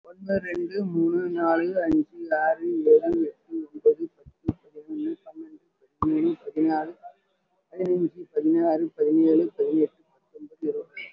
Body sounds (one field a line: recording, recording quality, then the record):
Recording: counting at a fast pace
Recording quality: excellent, no background noise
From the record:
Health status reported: COVID-19 positive, moderate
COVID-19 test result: positive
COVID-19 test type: RT-PCR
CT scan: taken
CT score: 2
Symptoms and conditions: breathing difficulty, another respiratory illness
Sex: female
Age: 78 years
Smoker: no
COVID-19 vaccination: one dose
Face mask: worn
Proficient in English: no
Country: India